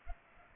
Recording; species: mosquito wingbeat signal from an infrared sensor; Culex pipiens